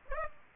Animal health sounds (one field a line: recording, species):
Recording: mosquito wingbeat signal from an infrared sensor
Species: Aedes aegypti